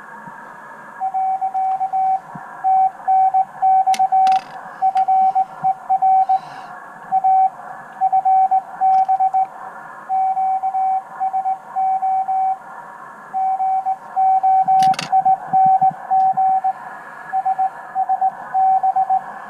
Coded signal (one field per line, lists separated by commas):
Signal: Morse code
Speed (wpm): 19 wpm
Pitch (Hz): 760 Hz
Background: radio noise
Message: . TNX FER A FB QSO GOING SSB